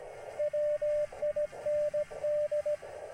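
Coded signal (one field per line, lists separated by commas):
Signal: Morse code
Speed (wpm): 17 wpm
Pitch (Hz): 600 Hz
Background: radio noise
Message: WIND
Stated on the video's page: Sent on a K1 into a half-wave end-fed long wire with 64:1 transformer, lifted by a drone as antenna.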